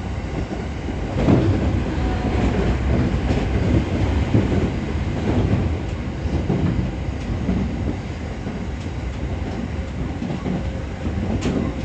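An E217 series rapid Airport Narita train runs alongside, a steady dense low rumble with rhythmic clattering bursts every second or so.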